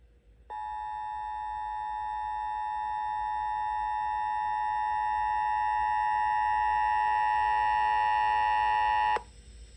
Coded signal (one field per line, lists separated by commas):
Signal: Emergency Alert System (SAME) tones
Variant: 853 and 960 Hz attention tone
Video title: First IPAWS RWT of 2023! (EAS #663)